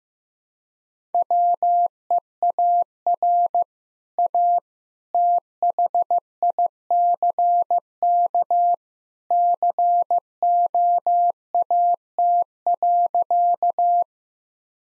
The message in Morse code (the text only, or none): WEAR A THICK COAT.